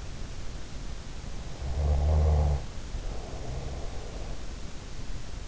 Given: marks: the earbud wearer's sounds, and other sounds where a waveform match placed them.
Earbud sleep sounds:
sounds in sleep by an in-ear microphone; snoring breath
1.38-4.45 s: snoring breath

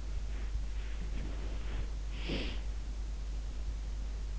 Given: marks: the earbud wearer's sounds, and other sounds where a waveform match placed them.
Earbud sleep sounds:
sounds in sleep by an in-ear microphone; body movement, breath
0.19-1.91 s: body movement
1.91-2.60 s: breath

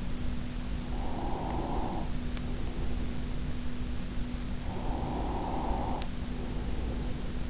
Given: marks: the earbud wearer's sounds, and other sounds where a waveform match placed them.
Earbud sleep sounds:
sounds in sleep by an in-ear microphone; breath
0.69-2.82 s: breath
4.56-7.49 s: breath

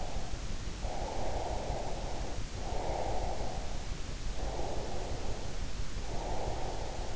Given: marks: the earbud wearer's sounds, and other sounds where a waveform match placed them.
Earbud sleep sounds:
sounds in sleep by an in-ear microphone; breath
0.80-3.52 s: breath
4.18-7.15 s: breath

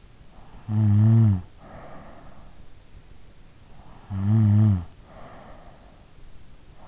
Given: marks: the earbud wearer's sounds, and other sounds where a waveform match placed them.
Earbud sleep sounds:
sounds in sleep by an in-ear microphone; snoring breath
0.58-2.48 s: snoring breath
3.98-5.81 s: snoring breath

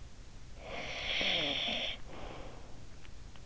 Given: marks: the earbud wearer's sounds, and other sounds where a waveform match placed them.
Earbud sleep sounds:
sounds in sleep by an in-ear microphone; breath
0.09-3.37 s: breath

